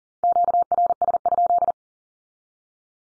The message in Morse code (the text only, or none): QRS?